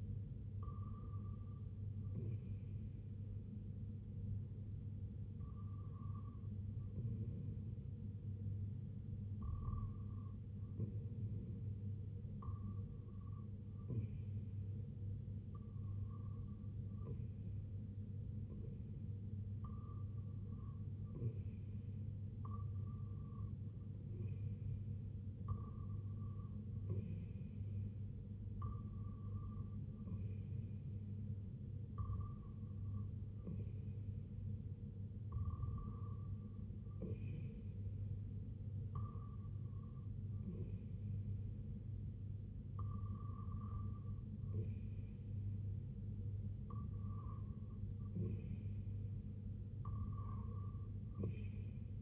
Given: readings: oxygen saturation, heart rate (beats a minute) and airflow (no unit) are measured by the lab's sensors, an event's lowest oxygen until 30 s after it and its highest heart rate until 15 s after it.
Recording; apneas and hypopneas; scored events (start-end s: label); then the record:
breathing in sleep by a smartphone at the bedside; none
none scored
From the record:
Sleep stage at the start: REM sleep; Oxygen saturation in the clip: 95 to 96%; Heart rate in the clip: 71 to 81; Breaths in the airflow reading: 16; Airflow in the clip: -8.7 to 3.4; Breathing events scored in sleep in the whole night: 258 in 7.4 hours asleep